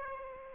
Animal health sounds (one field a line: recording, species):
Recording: mosquito wingbeat signal from an infrared sensor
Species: Aedes aegypti